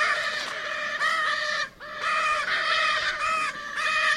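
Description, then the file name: Lear's macaw giving harsh, rasping squawks of about half a second each in quick succession, with one brief lull. "canto da arara azul de lear"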